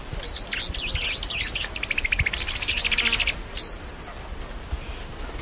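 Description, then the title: Tepui brush finch song, a busy run of high chattering and twittering notes lasting about three seconds before stopping, over constant background hiss. "LuckyPassaro Completos2Sama. Tepui Brush Finch"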